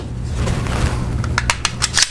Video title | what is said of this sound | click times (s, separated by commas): .45 UZI Submachine Gun | Mac 10 45 magazines go right in and click right in. | 1.4 s